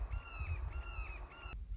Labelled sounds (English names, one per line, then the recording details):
Red-shouldered Hawk
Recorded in Sonoma County, California